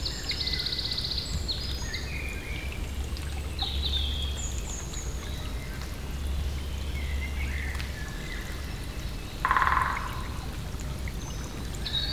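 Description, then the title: Great spotted woodpecker drumming: a single quick burst of knocks near the end, after several small birds singing and chirping over constant low background noise. Territorial marking on the stump of a long dead tree beside a stream, Saint-Jean, France; first take, binaural, Soundman OKM II classic and Zoom H4n. "28 Chemin de Lapeyrière, Saint-Jean, France - Pic épeiche marquage territoire #1"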